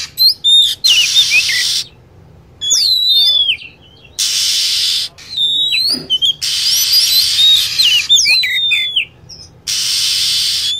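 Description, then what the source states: Lovebird calls: shrill, sharply sweeping whistled notes alternate with long harsh, buzzy chattering bursts, the pattern looping several times with short quieter gaps. Lure recording for attracting birds.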